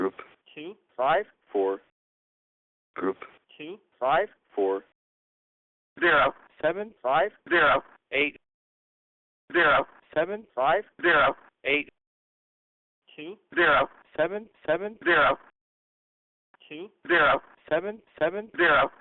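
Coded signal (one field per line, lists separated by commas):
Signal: numbers station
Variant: English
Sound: a voice reading digits in evenly spaced groups with pauses, like group two five four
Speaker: so that's a massive update for you on the mine fline Craigslist number stations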